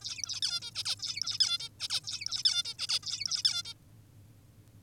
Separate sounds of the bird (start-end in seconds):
0.01-0.40, 0.43-0.61, 0.62-0.71, 0.75-0.84, 0.85-0.96, 0.99-1.38, 1.40-1.58, 1.60-1.69, 1.80-1.88, 1.90-2.01, 2.04-2.43, 2.45-2.63, 2.65-2.74, 2.79-2.87, 2.89-3.00, 3.03-3.43, 3.45-3.63, 3.65-3.74